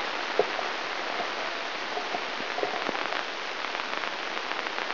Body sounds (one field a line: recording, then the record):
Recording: brain microelectrode recording played as sound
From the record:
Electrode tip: inside the subthalamic nucleus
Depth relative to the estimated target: 2.5 mm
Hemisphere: left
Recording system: AlphaMap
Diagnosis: Parkinson's disease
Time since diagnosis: 21 years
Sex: female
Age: 61 years